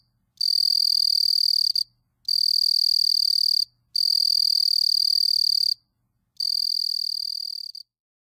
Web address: The Songs of Insects. Southeastern Field Cricket